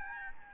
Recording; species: mosquito wingbeat signal from an infrared sensor; Aedes albopictus